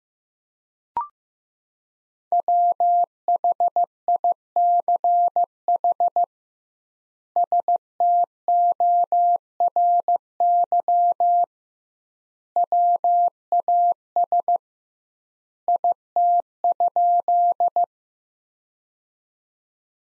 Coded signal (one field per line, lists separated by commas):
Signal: Morse code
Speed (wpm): 15 wpm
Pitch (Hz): 700 Hz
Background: none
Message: WHICH STORY WAS IT?